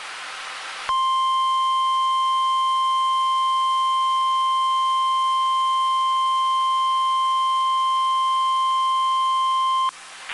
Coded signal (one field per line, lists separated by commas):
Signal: Emergency Alert System (SAME) tones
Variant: 1050 Hz attention tone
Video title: Required Weekly Test (EAS 275)